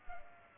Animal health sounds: mosquito wingbeat signal from an infrared sensor; Culex pipiens

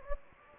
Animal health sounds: mosquito wingbeat signal from an infrared sensor; Anopheles gambiae

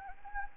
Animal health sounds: mosquito wingbeat signal from an infrared sensor; Anopheles arabiensis

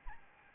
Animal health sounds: mosquito wingbeat signal from an infrared sensor; Aedes albopictus

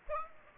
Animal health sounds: mosquito wingbeat signal from an infrared sensor; Aedes aegypti

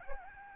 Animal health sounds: mosquito wingbeat signal from an infrared sensor; Aedes albopictus

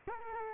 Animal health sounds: mosquito wingbeat signal from an infrared sensor; Culex quinquefasciatus

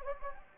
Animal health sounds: mosquito wingbeat signal from an infrared sensor; Anopheles gambiae

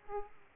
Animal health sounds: mosquito wingbeat signal from an infrared sensor; Aedes aegypti

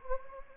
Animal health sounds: mosquito wingbeat signal from an infrared sensor; Anopheles gambiae

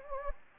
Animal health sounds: mosquito wingbeat signal from an infrared sensor; Anopheles gambiae

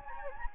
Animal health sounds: mosquito wingbeat signal from an infrared sensor; Anopheles gambiae

